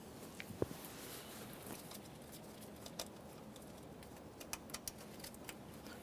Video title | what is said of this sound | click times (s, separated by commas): How to Replace Vehicle Speed Sensor Electrical Connector 1994-1997 Honda Accord | press it in listen for a click give it a little tug to make sure it's completely secure | 4.5 s